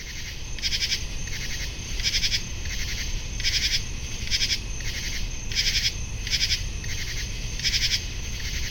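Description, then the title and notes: Common true katydids singing in chorus: raspy, buzzy pulses overlap in repeated uneven bursts, with a low rumble beneath. Chorus of many katydids singing, July 23, 2015, 10:05 PM, 75 degrees, picnic grove beside west Dyke Marsh, Virginia; spring or fall crickets and car traffic in background; parabolic microphone. "Many Common True Katydids singing on July 23, 2015 at 10:05PM (75 degrees)in Picnic Grove of River Towers Condos alongside of west Dyke Marsh. Heard in background: Spring or Fall Crickets"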